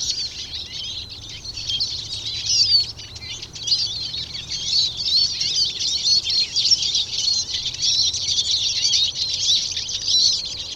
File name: Eurasian Siskin (Carduelis spinus)